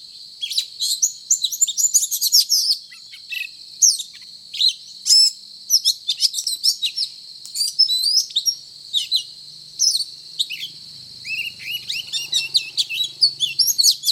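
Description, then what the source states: Oriental magpie-robin singing dense, varied phrases of whistles, trills and scratchy notes almost without pause; a faint low rumble appears near the end. Title describes the bird as singing 'gacor', meaning actively and persistently.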